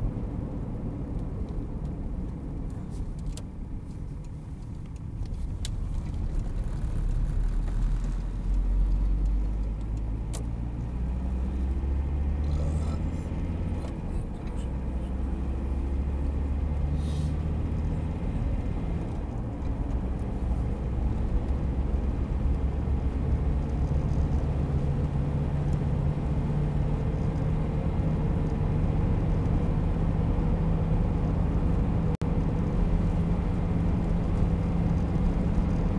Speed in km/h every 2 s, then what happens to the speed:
43, 30, 20, 21, 27, 36, 46, 52, 59, 64, 69, 75, 81, 86, 90, 91, 92, 94.
0-4 brakes to 20. 6-28 speeds up to 90. 28-36 steady at about 91.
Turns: 3-8.